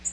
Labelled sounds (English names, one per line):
Nashville Warbler flight call